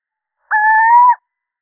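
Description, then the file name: Little owl, one steady, mewing hoot lasting under a second, creeping upward in pitch toward its end, with complete silence around it. Male. "Sycek obecny samec"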